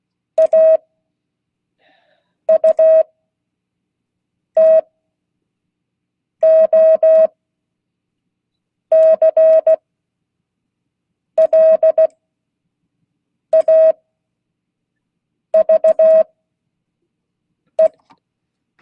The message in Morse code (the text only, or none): AUTOCLAVE